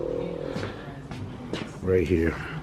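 A small plastic speaker cover is being handled at the speaker cutout of a freshly wrapped vehicle headliner, ready to be pressed in. Someone talks throughout, with a brief faint tap around 1.1 seconds. Nothing has seated or clicked yet.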